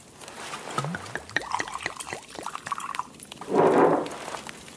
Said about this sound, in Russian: О, и то верно, согласился Олаф и наполнил стакан, и после чего продолжил.